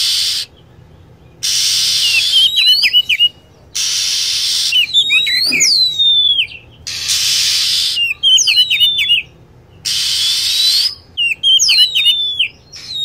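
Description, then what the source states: Lovebird shrill chirps come in short clustered bursts every few seconds, each of rapid falling notes, separated by bands of hiss. Lure recording meant to attract lovebirds.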